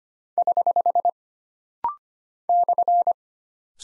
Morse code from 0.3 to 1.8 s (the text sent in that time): <HH>